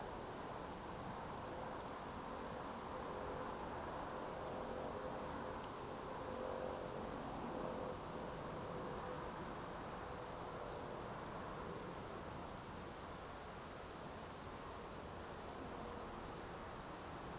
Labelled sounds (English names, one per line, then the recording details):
Eurasian Woodcock
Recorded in Baden-Württemberg, Germany, on 27 June 2020 at 20:18 UTC
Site 43791, 788 m above sea level